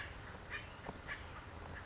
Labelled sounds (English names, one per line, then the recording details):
House Finch
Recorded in Sonoma County, California